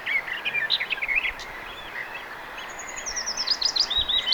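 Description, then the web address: Garden warbler song in two warbled bursts of fast varied notes separated by a short pause, with soft background hiss. Singing bird recorded on 2 June 2025. "paivat 2 6 2025 myos tuollainen laulava lehtokerttu"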